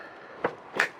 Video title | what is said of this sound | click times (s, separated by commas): Cargo Privacy Cover (Hard Tops and Aftermarket Tops) - 2021+ Bronco 4 Door | locked into place | 0.8 s